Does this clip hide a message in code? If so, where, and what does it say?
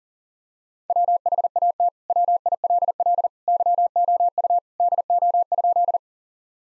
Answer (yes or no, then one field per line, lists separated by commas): yes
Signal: Morse code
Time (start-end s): 0.9-6.0 s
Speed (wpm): 40 wpm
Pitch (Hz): 700 Hz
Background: none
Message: WHAT WILL YOU DO?